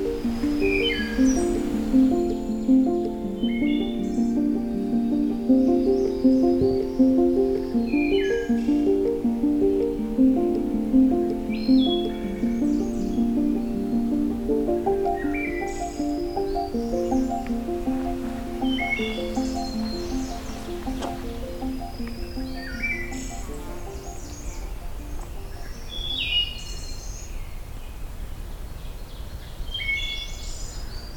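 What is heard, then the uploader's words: A Wood Thrush sings short, flute-like phrases, a new bright burst every couple of seconds for the whole half minute. Underneath runs a loud, steady low hum of layered tones, strongest in the first half and easing somewhat later. In this final part of this hike, I’m returning back to the trailhead at Pine Tree Harbour. A Wood Thrush is showing me that there’s still new songs to hear along this trail.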